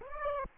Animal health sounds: mosquito wingbeat signal from an infrared sensor; Aedes aegypti

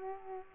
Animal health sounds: mosquito wingbeat signal from an infrared sensor; Aedes aegypti

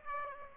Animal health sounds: mosquito wingbeat signal from an infrared sensor; Aedes aegypti

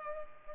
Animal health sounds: mosquito wingbeat signal from an infrared sensor; Culex pipiens

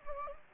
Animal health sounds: mosquito wingbeat signal from an infrared sensor; Anopheles gambiae

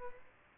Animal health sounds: mosquito wingbeat signal from an infrared sensor; Aedes albopictus

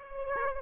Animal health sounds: mosquito wingbeat signal from an infrared sensor; Aedes aegypti

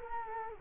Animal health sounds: mosquito wingbeat signal from an infrared sensor; Culex quinquefasciatus

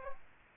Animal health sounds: mosquito wingbeat signal from an infrared sensor; Aedes aegypti

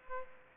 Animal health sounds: mosquito wingbeat signal from an infrared sensor; Aedes aegypti

